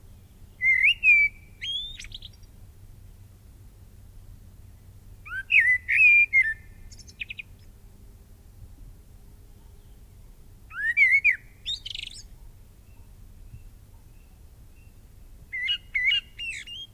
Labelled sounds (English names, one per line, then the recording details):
Common Blackbird song
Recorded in the wild
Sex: male
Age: adult
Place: Mark (gemeindefreies Gebiet), Bayern, DE
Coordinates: 49.6414, 10.9478
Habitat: forest
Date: 1964-03-25
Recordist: Tretzel, Erwin
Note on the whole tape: Hintere Mark (gemeindefreies Waldgebiet): Männchen: Gesang (Abendgesang)